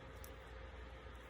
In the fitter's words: 잘 맞춰서 꾹 누르면 탁 하고 소리가 나요.